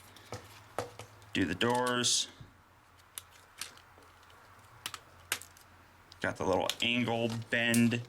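The plastic head of a Transformers Battle Ops Bumblebee toy robot (Costco exclusive) is pulled out of its chest during transformation and locks into place in the torso with a sharp click at 0.8 s. Other light plastic clicks and taps follow through the clip, and someone talks.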